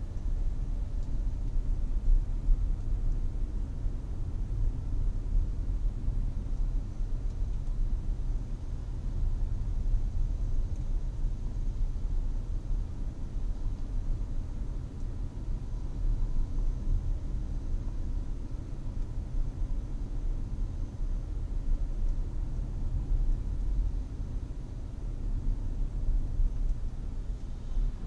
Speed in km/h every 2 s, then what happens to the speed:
24, 25, 25, 23, 22, 23, 25, 27, 28, 28, 28, 26, 24, 21.
0-20 steady at about 25. 20-28 slows to 21.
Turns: none.